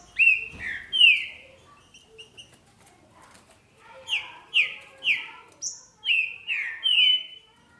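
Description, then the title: Green-winged saltator song: loud slurred whistles dropping in pitch, a first burst of two or three notes, a quiet pause with faint chips, then six clear phrases in quick succession. "Trinca Ferro"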